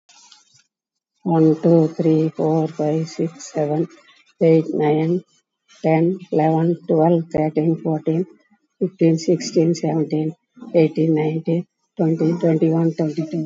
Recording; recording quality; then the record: counting at a fast pace; excellent, no background noise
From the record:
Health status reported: COVID-19 positive, moderate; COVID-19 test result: positive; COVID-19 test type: RT-PCR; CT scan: taken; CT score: 12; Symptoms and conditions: cough, cold, breathing difficulty, fatigue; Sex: female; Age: 60 years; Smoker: no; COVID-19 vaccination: none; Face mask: worn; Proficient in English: yes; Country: India